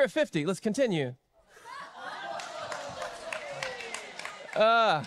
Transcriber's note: applause